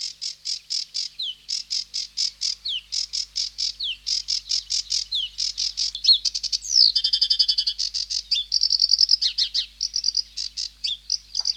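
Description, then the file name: Sedge warbler song: fast chattering stream that shifts midway into buzzy trills and varied whistled slurs, continuous throughout. "Sedge Warbler (Acrocephalus schoenobaenus)"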